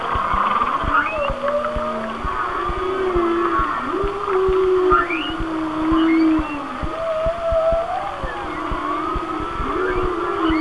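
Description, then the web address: Whale song: drawn-out moans that slide down then rise again, with high upswept whistles above and faint clicks beneath a steady hiss. "Natures Songs Whale Songs Whale Songs"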